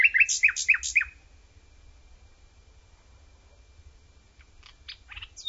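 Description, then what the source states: Common nightingale song: a quick burst of bright, repeated chirping notes for about a second, a pause, then scattered sharp high notes near the end. Recorded outdoors.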